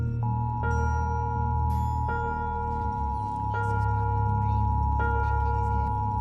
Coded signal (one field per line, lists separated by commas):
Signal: Emergency Alert System (SAME) tones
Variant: 853 and 960 Hz attention tone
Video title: WB Animation Channel - EAS during The Adventures of Domi & Kai